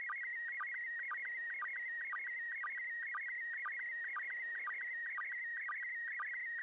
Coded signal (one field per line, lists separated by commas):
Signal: SSTV (slow-scan television)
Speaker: the international space station came over the uk transmitting amateur radio slow scan television on 145.8 megahertz